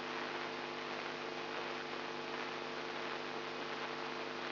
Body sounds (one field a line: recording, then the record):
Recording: brain microelectrode recording played as sound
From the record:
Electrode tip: inside the subthalamic nucleus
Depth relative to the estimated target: -1.5 mm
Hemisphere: left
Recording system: AlphaMap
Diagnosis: Parkinson's disease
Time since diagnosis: 14 years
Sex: female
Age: 63 years